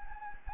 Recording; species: mosquito wingbeat signal from an infrared sensor; Anopheles gambiae